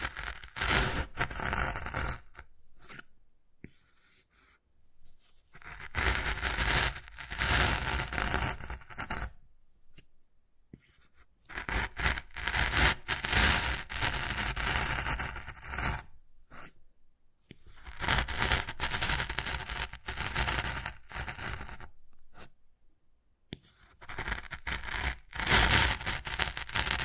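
Wood carving: rough, hissy scraping strokes come in bursts several seconds long, broken by short silent pauses around 4, 10 and 17 seconds. Quick scratchy strokes and occasional sharp taps run through each burst, bright and gritty, with a faint low rumble beneath.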